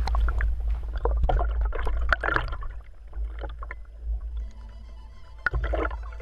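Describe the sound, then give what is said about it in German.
Two researchers slowly lower an arm-length tubular underwater camera on a long rope over the transparent plastic rim into the water of a mesocosm: irregular splashes, sloshing and gurgles over a steady low rumble, with a sharp knock near the end and no voices. “An einem langen Seil lassen die Forscher das Gerät ganz langsam in das Wasser hinabgleiten.”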